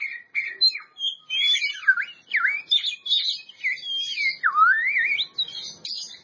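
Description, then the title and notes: Oriental magpie-robin song, loud fluty whistles with deep swooping down-up slurs and warbled phrases delivered continuously. Champion bird. "Kicau Burung Kacer Juara. Suara Kicauan Burung Kacer Juara"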